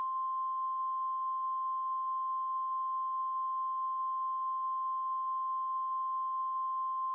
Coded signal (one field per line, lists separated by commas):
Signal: Emergency Alert System (SAME) tones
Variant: 1050 Hz attention tone